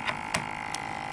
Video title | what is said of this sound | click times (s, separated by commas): How to verify vaporizer output using Riken FI8000 gas analyzer | sampling line to the gas import and make sure it snaps and locks in place | 0.4 s, 0.8 s